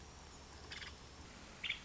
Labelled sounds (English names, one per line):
Nuttall's Woodpecker